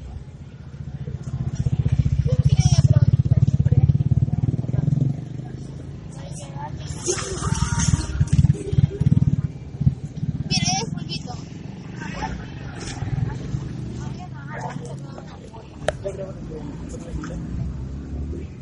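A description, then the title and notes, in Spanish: Street sounds from Lurigancho: a steady low rumble of passing vehicles and engines runs throughout, swelling around three and eight seconds. Voices of people and vendors mix in, with sharp bright clicks and short hissing bursts scattered across the recording. Sonido ambiental del Inti - Ñaña. Sonido de las calles del Inti - Lurigancho, se pueden apreciar los variados vehículos y los diferentes sonidos de mercaderes, personas, restaurantes, ambulantes y mototaxixtas.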